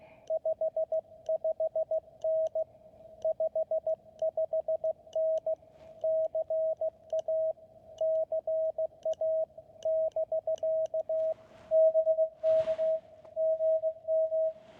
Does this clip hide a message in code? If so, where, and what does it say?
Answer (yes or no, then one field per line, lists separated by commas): yes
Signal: Morse code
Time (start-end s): 0.3-14.5 s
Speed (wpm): 16 wpm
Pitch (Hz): 620 Hz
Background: radio noise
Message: 55N 55N CA CA <BK> BK GM